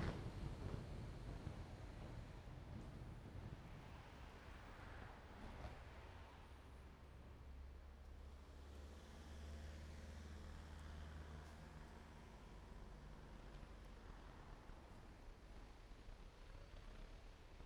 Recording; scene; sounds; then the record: everyday scene through a hearing-aid microphone; in traffic; traffic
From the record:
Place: main road on the outskirts, rush hour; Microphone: behind the ear, right, rear